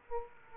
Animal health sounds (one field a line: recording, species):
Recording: mosquito wingbeat signal from an infrared sensor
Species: Aedes aegypti